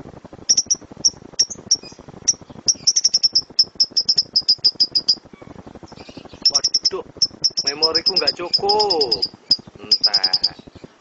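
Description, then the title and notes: Lovebird song in bursts of thin, high chirps and quick trills, interrupted by a lower wavering sound in the middle before the chirping returns. Champion lovebird singing as a competition bird. "Love Brid Juara. Kicau Lovebird"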